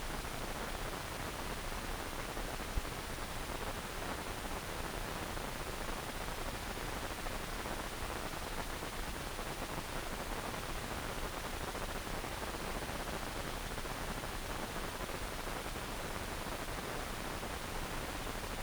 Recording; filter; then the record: brain microelectrode recording played as sound; wide band, above 20 Hz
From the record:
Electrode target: subthalamic nucleus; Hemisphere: right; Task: reaching with the left hand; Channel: 1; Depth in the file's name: 1.506 mm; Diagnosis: Parkinson's disease